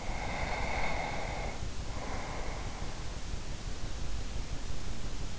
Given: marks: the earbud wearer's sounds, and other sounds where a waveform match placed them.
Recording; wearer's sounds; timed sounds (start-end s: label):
sounds in sleep by an in-ear microphone; breath
0.00-3.36 s: breath